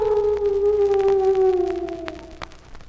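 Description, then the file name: Dog howl: a long sustained tone slowly falling in pitch over about two seconds, then fading, with faint clicks and background noise. "Hallowe en Spooky Sounds - Dog Howling"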